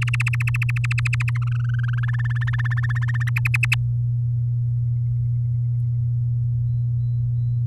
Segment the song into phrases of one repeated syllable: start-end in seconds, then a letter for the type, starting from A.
0.02-1.30 A, 1.35-2.44 B, 2.47-3.29 C, 3.36-3.75 D